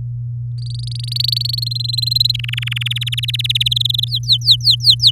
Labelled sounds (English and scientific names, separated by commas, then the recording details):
Domestic Canary (Serinus canaria) song
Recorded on 3 May 2018 at 18:21
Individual llb16